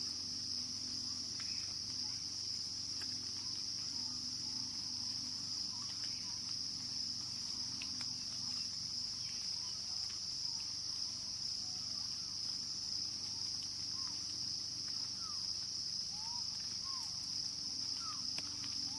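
Jungle ambience with a steady, high insect drone running unbroken through the whole stretch. Short bird chirps and whistles pop in the middle range every second or two, most often in the second half, over a low constant hum.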